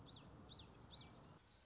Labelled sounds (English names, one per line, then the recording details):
Common Yellowthroat
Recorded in Sonoma County, California